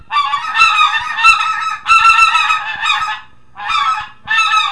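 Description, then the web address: Greater white-fronted goose calling: high, nasal yelping honks given in quick bursts with brief pauses. "Goose Speckle Belly"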